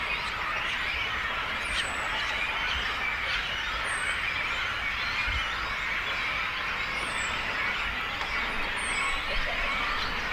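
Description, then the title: Cormorant colony din, a constant overlapping chatter; a few high, thin downslurred whistles cut through several times. Breeding colony of cormorants with young birds, at Zemitz, Germany. "Zemitz, Deutschland - Kormorane brüten (mit Jungvögeln). breeding cormorants (with children)"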